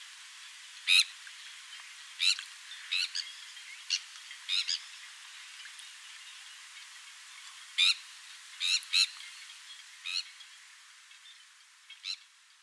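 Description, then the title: Sandwich tern calls, grating and rasping, scattered irregularly, with louder single and paired notes and softer ones between. "Sylvain Jaskowiak - Mes piafs. Sternes Caugek"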